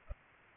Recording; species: mosquito wingbeat signal from an infrared sensor; Culex pipiens